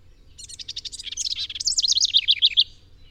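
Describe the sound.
Bird singing one high, rapid phrase. Dry clicking notes lead into a bright, undulating series of slurred notes, roughly two seconds long.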